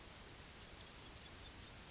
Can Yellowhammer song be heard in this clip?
no